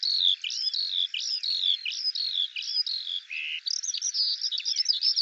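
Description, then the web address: Eurasian skylark song of quick slurred whistles and chirps, briefly easing about two-thirds of the way through before resuming a fast twittering run. "Deverinetal 2025 File cleaned normalized Bird Al Ar"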